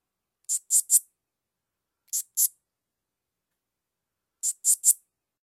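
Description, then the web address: Curve-tailed bush katydid song: very high, dry, lisping zips in short bursts, three, then two, then three, separated by silence. "Crickets and Katydids. Curvetailed Bush Katydid, Scudderia curvicauda"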